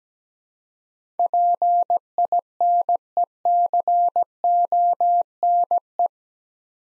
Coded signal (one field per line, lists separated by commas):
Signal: Morse code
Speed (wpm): 17 wpm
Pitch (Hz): 700 Hz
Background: none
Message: PINECONE